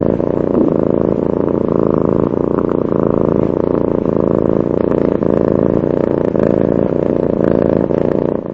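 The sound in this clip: Cat purring: a steady, continuous low rumbling vibration with a rough buzzing texture, holding even loudness throughout without pauses.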